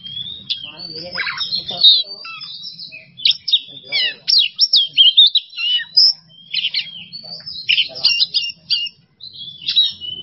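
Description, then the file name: Oriental magpie-robin song: dense bursts of sharp whistles and trills in quick succession, briefly dropping out near nine seconds, over a soft low hum. Masteran training recording for songbirds; song style called bongkar isian emosi. "Masteran Kacer Bongkar Isian Emosi"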